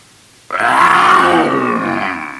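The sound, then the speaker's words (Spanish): A lion roars once, bursting in suddenly after a brief silence and holding a loud, rough, deep growl for about two seconds before easing off slightly at the end. “Ante los asombrados ojos del gato, el ogro Tragaldabas se transformó en un fiero león.”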